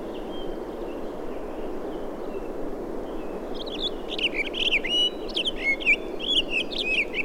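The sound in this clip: Townsend's solitaire: quiet faint whistles at first, then a lively run of bubbling, slurred warbles building through the second half, against a steady low rumble.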